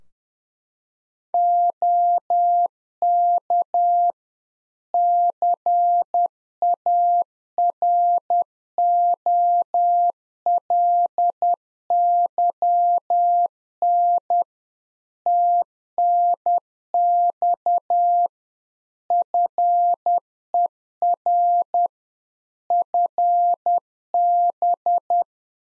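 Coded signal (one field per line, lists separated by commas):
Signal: Morse code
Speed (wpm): 10 wpm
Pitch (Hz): 700 Hz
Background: none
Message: OK CAROLYN TNX FER FB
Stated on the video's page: Practice QSO ending segment (pleasantries, 73) at 10 wpm for head-copy, sent in Morse, then spoken, then sent again; used in CW club QSO classes.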